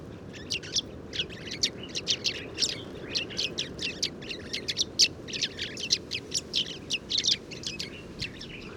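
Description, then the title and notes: Sudan golden sparrows chattering as a flock, a steady stream of high, sharp chirps. 7 March 2019, morning, Oued Enoicre, Tagant, Mauritania; oasis, where very common; always in family flocks, gathering in evening roosts; at roost site spotted the day before; Tlp7 and MixPre 3. "Moineau doré ou Moineau jaune - Mauritanie. 7 mars 2019-Oued Enoicre - Tagant - Mauritanie"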